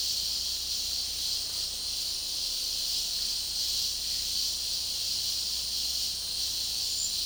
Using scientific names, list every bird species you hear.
none